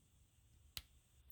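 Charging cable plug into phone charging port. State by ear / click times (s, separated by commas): seated / 0.8 s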